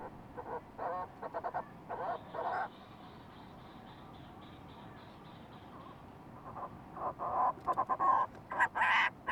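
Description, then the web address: Fulmar prion calls: stuttering croaky bursts at the start, a quiet pause, then louder, harsher churring calls building toward the end. "sound fulmar-prion. صدای-پرنده-پریان-بدبو"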